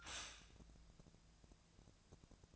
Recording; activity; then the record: daily activity, microphone in the room; stop toaster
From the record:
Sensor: 2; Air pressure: 1000.0 hPa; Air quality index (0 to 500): 145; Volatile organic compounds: 2 ppm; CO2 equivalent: 1228 ppm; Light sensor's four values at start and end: 27/67/28/31 and 27/67/28/31